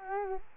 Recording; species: mosquito wingbeat signal from an infrared sensor; Culex quinquefasciatus